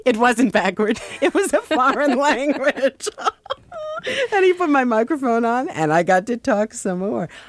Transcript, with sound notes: It wasn't backward. It was a foreign language.
(LAUGHTER)
And he put my microphone on, and I got to talk some more.